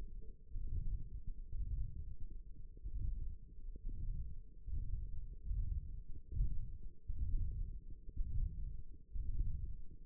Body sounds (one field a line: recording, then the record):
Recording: forearm muscle sounds (acoustic myography)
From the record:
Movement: ulnar deviation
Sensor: system 1, eight BSWA MPA416 microphones around the upper forearm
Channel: 2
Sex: male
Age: 23 years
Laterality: right